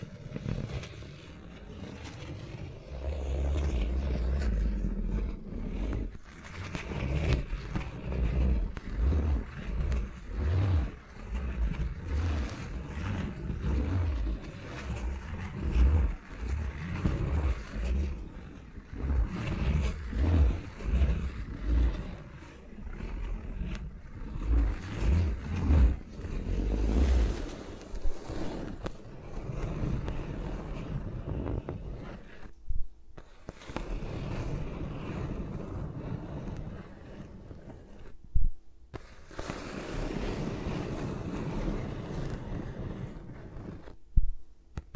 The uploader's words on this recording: ASMR with Mics Around My Fingers (No Talking).